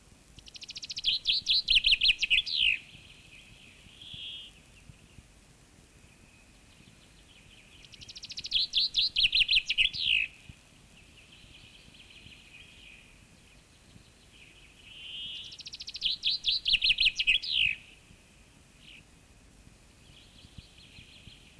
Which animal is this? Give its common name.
Common Chaffinch